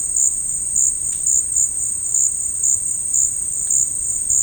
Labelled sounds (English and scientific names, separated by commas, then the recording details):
none
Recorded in secondary vegetation near Puerto Asís, Putumayo, Colombia, on 8 March 2025 at 14:30
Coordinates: 0.502, -76.326
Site G100